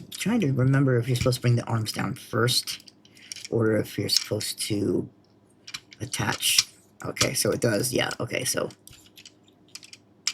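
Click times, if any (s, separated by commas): 10.3 s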